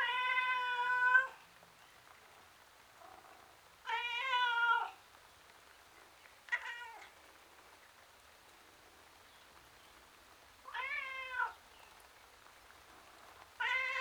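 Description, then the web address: Domestic cat meowing repeatedly, five plaintive wails of varying length spaced a few seconds apart, some wavering in pitch; otherwise quiet. Miserable tom cat outside. "BBC Sound Effects Library. Miserable Tom Cat"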